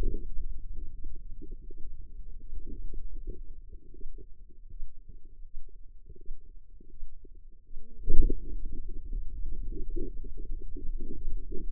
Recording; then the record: forearm muscle sounds (acoustic myography)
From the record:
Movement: hand opening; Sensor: system 2, bracelet of six BSWA MPA416 microphones around the upper forearm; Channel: 2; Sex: female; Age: 25 years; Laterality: right